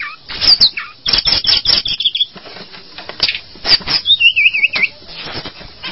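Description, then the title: Java sparrow song: rapid clicks and chips run into a wavering whistled phrase near the end. "kicau gelatik"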